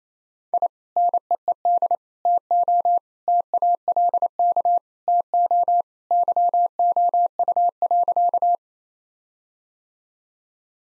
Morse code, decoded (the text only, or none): I NEED TO TALK TO YOU.